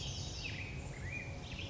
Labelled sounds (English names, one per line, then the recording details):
Black-headed Grosbeak
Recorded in Sonoma County, California